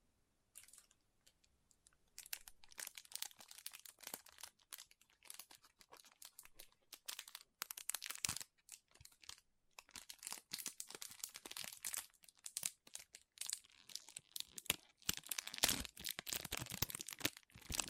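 Soft crinkling and sticky, squishy handling sounds crackle in dense, irregular bursts, quiet at first and growing busier and brighter toward the end.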